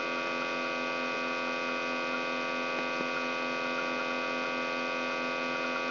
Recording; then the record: brain microelectrode recording played as sound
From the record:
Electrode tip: outside the subthalamic nucleus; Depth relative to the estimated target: -8 mm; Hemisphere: left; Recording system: AlphaMap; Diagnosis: Parkinson's disease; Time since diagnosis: 17 years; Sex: male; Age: 64 years